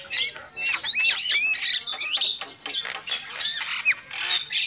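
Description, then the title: Lovebird calls: sharp, squeaky squawks with quick rising and falling twists, coming in rapid bursts over a few seconds. Lure call used for trapping lovebirds. "PIKAT BURUNG LOVEBIRD"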